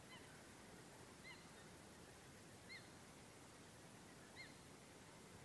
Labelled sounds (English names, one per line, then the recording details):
Eurasian Coot
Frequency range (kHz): Eurasian Coot 0.9-4.3 kHz
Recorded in France